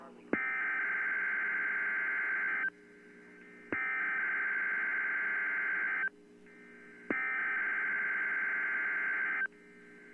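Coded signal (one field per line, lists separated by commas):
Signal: Emergency Alert System (SAME) tones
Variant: header bursts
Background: speech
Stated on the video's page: Real Required Weekly Test received in the Twin Cities.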